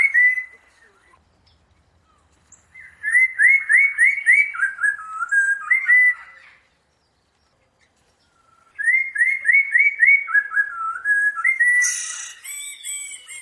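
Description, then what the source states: Bird song of clear whistled notes near one pitch, delivered in quick rising-and-falling runs: a brief opening note, then two bursts separated by a few seconds of silence, with faint high chips above. Master recording used to train songbirds.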